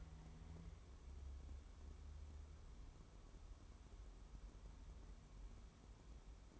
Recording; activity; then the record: daily activity, microphone in the room; wipe stove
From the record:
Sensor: 1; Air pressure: 1015.1 hPa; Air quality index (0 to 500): 49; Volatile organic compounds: 1 ppm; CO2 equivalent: 642 ppm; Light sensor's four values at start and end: 14/32/13/15 and 14/32/13/15